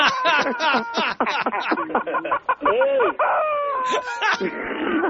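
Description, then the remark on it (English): A small chicken clucks in a quick, choppy series of loud calls, then lets out a longer drawn-out crow before more clucking follows, the sounds running continuously for several seconds. “That's a little chicken that crossed the border.”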